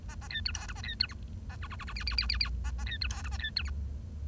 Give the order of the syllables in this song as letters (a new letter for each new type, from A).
A A B C D E A B C F A G G G G H H H H H A A B C D E A B C F